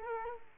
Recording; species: mosquito wingbeat signal from an infrared sensor; Culex quinquefasciatus